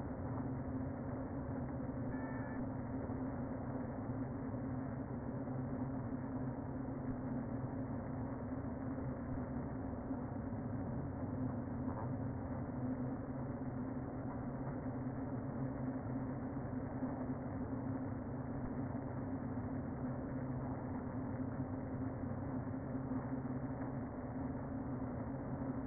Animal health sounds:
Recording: honeybee colony, microphone inside the hive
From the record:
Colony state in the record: queen present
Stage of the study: before two queens were removed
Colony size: about 60,000 bees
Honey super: yes

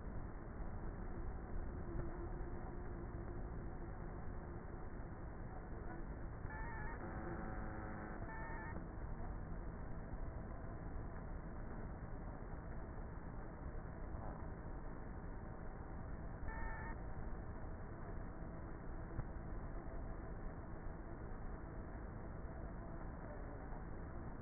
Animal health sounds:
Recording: honeybee colony, microphone inside the hive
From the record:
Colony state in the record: queenless with a low population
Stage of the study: before two queens were removed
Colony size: about 30,000 bees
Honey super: no

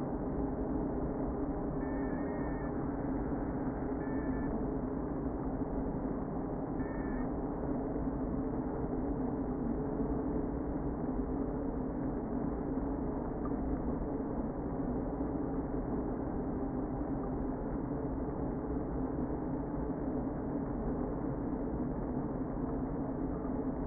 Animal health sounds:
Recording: honeybee colony, microphone inside the hive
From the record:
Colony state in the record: queen present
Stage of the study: before two queens were removed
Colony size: about 60,000 bees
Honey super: yes

